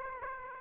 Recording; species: mosquito wingbeat signal from an infrared sensor; Aedes aegypti